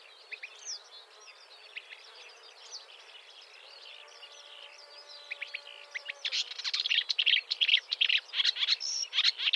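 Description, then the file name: Marsh warbler song, soft and rambling at first, with a low steady hum underneath just before breaking into loud, rapid chattering notes in the final few seconds. "suara kicauan burung marsh warbler. omkicau"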